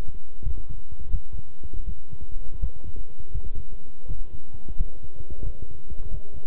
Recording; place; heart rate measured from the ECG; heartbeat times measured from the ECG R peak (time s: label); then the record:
heart sounds by stethoscope; between the tricuspid and mitral areas; 85 bpm
0.42 s: heartbeat
1.10 s: heartbeat
1.84 s: heartbeat
2.59 s: heartbeat
3.31 s: heartbeat
4.06 s: heartbeat
4.76 s: heartbeat
5.42 s: heartbeat
6.09 s: heartbeat
From the record:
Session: walking at 3.7 km/h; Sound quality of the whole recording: good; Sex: male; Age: 26 years